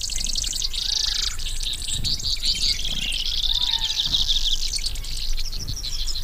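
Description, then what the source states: Brewer's sparrow singing a long chain of high, dry trills at changing speeds and pitches, with soft lower whistled notes underneath. Recorded June 1997.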